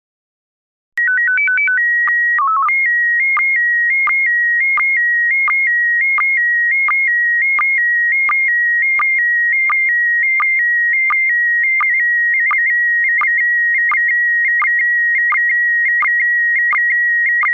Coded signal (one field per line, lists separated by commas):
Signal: SSTV (slow-scan television)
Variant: PD 90